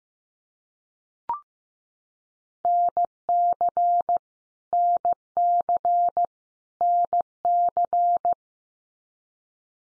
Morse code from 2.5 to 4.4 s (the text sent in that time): NC